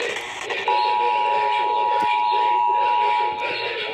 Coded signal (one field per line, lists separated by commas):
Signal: Emergency Alert System (SAME) tones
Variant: 853 and 960 Hz attention tone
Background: speech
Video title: NPT… NATIONAL PERIODIC TEST ON WHQR, WAAV, WFBT, WRMR, WILT, WKXS, and WAZO (EAS #313-#319)